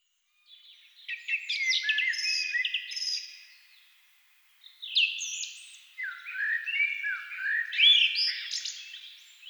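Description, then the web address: Thrush song: bursts of varied whistled and warbled phrases, falling slurs and short trills in two long sequences separated by a brief pause. Thrushes singing at dusk. "agykontroll CD 3-A természet hangjai Rigók szürkületkor"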